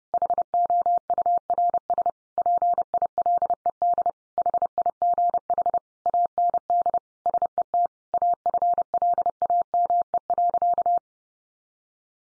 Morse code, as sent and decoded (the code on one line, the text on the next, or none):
.... --- ..- .-. ... / .--. .. .-.. . -.. / .... .. --. .... / .- -. -.. / ... . - / .- ..-. .-.. .- -- . .-.-.-
HOURS PILED HIGH AND SET AFLAME.